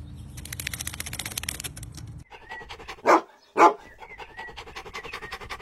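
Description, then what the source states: Dog giving two sharp barks about half a second apart, after a stretch of rattling, clattering noise, with faint whistling tones in the background. Dog in a pool.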